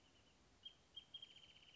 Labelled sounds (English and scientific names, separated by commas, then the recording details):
Wrentit (Chamaea fasciata)
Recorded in Sonoma County, California